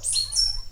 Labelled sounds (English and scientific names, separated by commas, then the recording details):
Stitchbird (Notiomystis cincta) song
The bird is a male
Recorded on Tiritiri Matangi Island, New Zealand, in 2005
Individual 5, of nest box 6